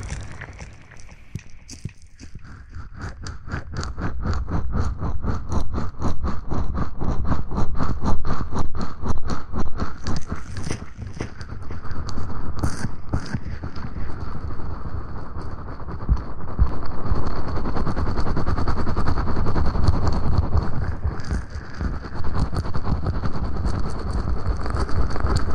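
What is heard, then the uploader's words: Rapid scratching on a microphone, a steady run of sharp strokes at a quick, even pace with a heavy low rumble under them. The scratching eases slightly near the start and around the middle, then continues dense and busy to the end. Mic scratching.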